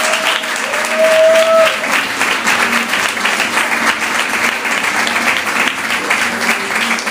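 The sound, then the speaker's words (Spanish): Steady, dense applause from an audience for a new member of a company's global expansion team, many hands clapping continuously for several seconds at an even loudness, with a brief high tone briefly sounding near the start. “Aquí tenemos una reciente equipo de expansión global, le vamos a dar un aplauso a Claudia.”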